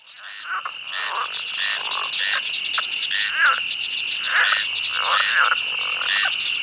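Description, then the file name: Frog chorus building up from quiet: many overlapping croaking and rattling calls repeated quickly, with a continuous high trilling drone behind them. "Frosch"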